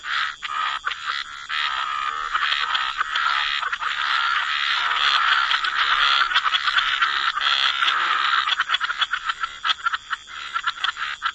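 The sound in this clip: Frog chorus of many overlapping rattling calls forming a continuous buzzy drone, growing choppier toward the end.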